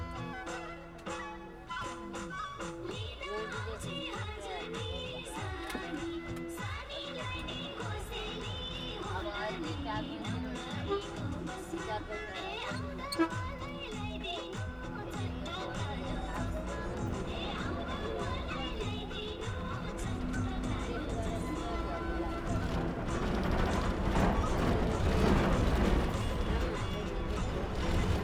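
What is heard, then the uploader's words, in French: Inside a bus, passengers chatter steadily over the low rumble of the engine. Voices overlap throughout, with a constant drone underneath. After about twenty seconds the engine noise swells and grows rougher, as if the bus is accelerating. Dans le bus vers Dumre. Le trajet entre Pokhara et Dumre se fait donc dans un bus antédiluvien, craquant, grinçant, aux sièges et aux rideaux sans âge sur une route de terre battue et défoncée par les innombrables véhicules qui l'empruntent (c'est la route principale qui relie Pokhara et Kathmandu).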